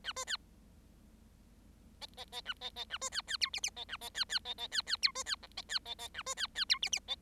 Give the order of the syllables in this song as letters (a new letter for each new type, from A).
A B C D D D A D D A B C C E F F D A D C C D D C C E B C G D C D D A B C C E F F D